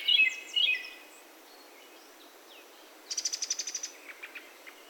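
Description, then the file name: Brown-headed thrush song: two short warbled phrases at the start, then a pause, followed by a fast, high, even trill of several notes. Recorded at Yaita on 22 July 2021; singing. "アカハラ yaita"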